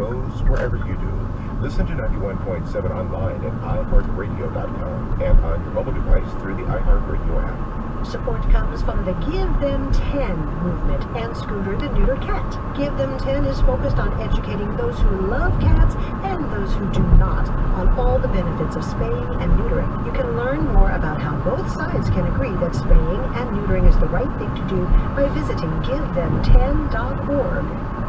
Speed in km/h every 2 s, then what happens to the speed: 35, 44, 47, 50, 53, 56, 58, 60, 63, 64, 64, 64, 63, 63.
0-16 speeds up to 63. 16-28 steady at about 63.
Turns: none.